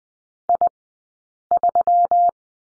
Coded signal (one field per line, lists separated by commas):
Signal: Morse code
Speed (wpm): 20 wpm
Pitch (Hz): 700 Hz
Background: none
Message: I3